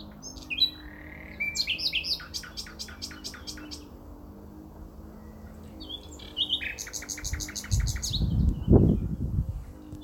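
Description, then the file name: Common nightingale song, varied phrases of high whistles and rapid repeated notes, with a pause between phrases and a low thud near the end. "Luscinia megarhynchos"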